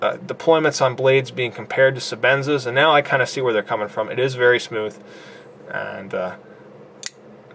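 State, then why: Seated. Someone talks for the first five seconds, then quieter handling sounds follow as the blade of a Chris Reeve Small Sebenza 21 folding knife is flipped open. At 7.1 s a sharp, bright click rings out as the titanium frame lock snaps in behind the blade, and the blade is locked in place.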